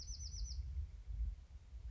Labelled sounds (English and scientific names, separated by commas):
Bewick's Wren (Thryomanes bewickii)